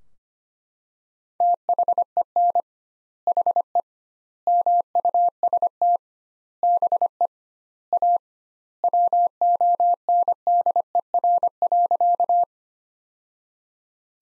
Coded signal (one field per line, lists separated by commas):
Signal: Morse code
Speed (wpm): 25 wpm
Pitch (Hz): 700 Hz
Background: none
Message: THEN HE MUST BE A WONDER.